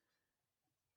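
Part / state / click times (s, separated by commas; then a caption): ECU communication cable plug into laptop USB port / not seated / none. An ECU communication cable, run through an extension cable, is being handled at a laptop's USB port before it is plugged in. Only quiet low background noise with faint ticks is heard, rising slightly right at the end. Nothing has seated or clicked into the port yet.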